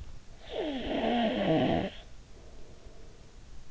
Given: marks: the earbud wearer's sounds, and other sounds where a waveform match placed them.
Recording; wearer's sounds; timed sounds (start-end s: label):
sounds in sleep by an in-ear microphone; snoring breath
0.16-3.62 s: snoring breath